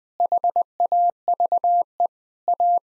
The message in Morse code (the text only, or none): HAVE A